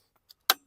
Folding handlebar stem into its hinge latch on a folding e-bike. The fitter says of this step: locks into place like that